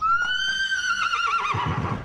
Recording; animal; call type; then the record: contact call of a hoofed animal; horse; whinny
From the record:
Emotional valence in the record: positive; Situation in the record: reunion with the whole group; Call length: 2.1 s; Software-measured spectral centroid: 2200 Hz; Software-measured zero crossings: 3140 a second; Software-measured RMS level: -24 dBFS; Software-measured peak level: -12 dBFS